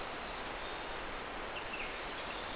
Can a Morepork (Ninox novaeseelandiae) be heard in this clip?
no